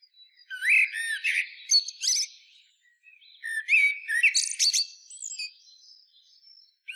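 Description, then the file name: Common blackbird song: two complex phrases of fluty notes mixed with harsh, high, squeaky twitters, then a quiet tail. "Turdus merula"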